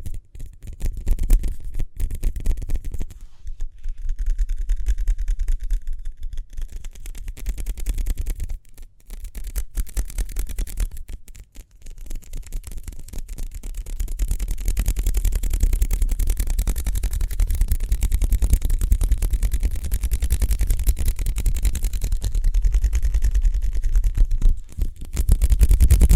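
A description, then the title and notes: Speedy hand sounds: a fast, dense stream of rubbing and patting strokes over a heavy low rumble. The texture stays busy throughout, with brief pauses near 9 and 12 seconds, then grows fuller and brighter until a short drop just before the end. ASMR Speedy Hand Sounds (No Talking).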